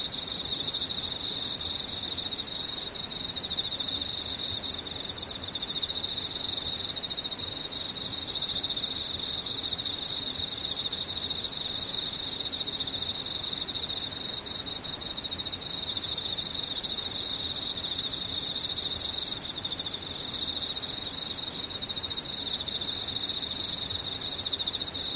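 Insects trill without pause for the whole stretch, a dense, even, high-pitched buzzing that holds steady at one level throughout.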